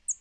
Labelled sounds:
Northern Parula (Setophaga americana) flight call

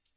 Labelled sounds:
Magnolia Warbler (Setophaga magnolia) flight call

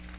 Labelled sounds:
Cape May Warbler (Setophaga tigrina) flight call

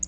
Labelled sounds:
Black-throated Blue Warbler (Setophaga caerulescens) flight call

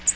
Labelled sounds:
American Redstart (Setophaga ruticilla) flight call

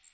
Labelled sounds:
Magnolia Warbler (Setophaga magnolia) flight call

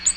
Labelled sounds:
Ovenbird (Seiurus aurocapilla) flight call

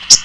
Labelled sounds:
Common Yellowthroat (Geothlypis trichas) flight call

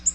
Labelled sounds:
Nashville Warbler (Leiothlypis ruficapilla) flight call

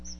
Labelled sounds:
Chestnut-sided Warbler (Setophaga pensylvanica) flight call

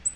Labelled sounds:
Black-throated Green Warbler (Setophaga virens) flight call

